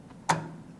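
A processor (CPU), lined up with the socket's alignment mark, is lowered into the motherboard CPU socket and drops into place with no force applied. A single light tick is heard at 0.3 s as it falls in, followed by a fainter tick near 0.8 s. The processor is seated in the socket.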